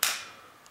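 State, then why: Seated. A knife is pushed into its spring-retention sheath, compressing the sheath spring, and pops into its locked position with a loud, sharp click at 0.0 s that rings briefly, followed by a faint tick at 0.7 s. The knife is seated and locked so that it cannot be pulled out.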